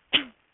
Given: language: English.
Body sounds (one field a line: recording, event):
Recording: throat vibration sensor signal played as sound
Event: cough